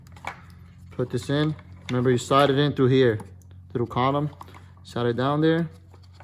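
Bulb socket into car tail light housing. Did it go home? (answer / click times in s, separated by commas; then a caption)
no / none. A plastic bulb socket is handled and slid down into its slot in a car tail light housing during reinstallation. Someone talks throughout, with faint small handling taps near the start and end. Nothing has seated or clicked yet.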